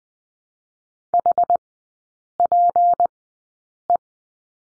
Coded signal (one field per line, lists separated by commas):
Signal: Morse code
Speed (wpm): 20 wpm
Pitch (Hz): 700 Hz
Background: none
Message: HPE